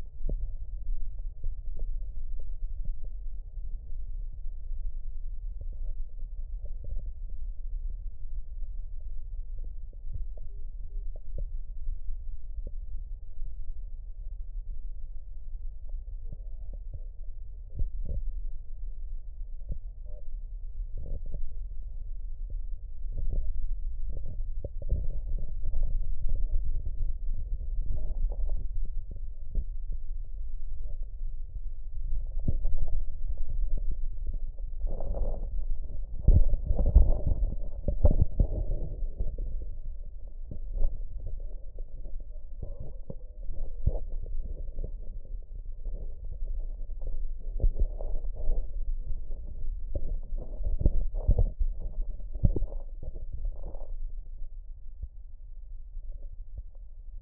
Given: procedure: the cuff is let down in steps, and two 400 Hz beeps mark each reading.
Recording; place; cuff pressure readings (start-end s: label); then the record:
Korotkoff sounds by stethoscope; brachial artery, at the lower edge of an arm cuff
10.50-11.02 s: 135 mmHg
From the record:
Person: healthy adult, 24 to 32 years, lying on the back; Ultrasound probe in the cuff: distal